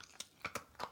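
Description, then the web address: Dog chewing: a few crisp crunches spaced irregularly, with a sharper, louder crunch at the very end. Dog eating a treat. "sound-effects-bible Dog Eat Treat"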